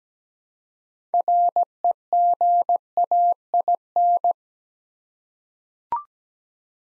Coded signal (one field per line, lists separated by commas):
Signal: Morse code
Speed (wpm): 17 wpm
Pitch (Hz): 700 Hz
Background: none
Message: REGAIN